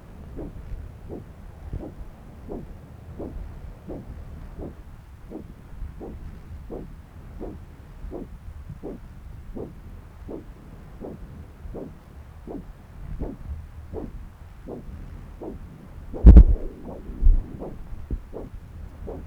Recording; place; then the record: Doppler ultrasound of blood flow; right subclavian vein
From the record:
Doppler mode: continuous wave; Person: adult scuba diver, at rest before a dive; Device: O'Dive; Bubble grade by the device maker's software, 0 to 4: 1